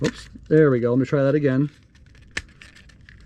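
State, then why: Seated. Someone talks, then a 1/32 slot car body is pressed down onto the mounts of an HPI RS 32 mini RC car chassis. A sharp snap at 2.4 s marks the body seating, followed by a few faint ticks.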